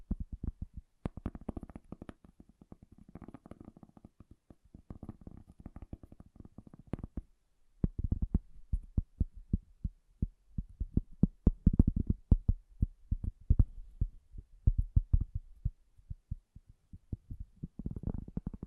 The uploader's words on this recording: ASMR Bassy and Soft Tapping Sounds.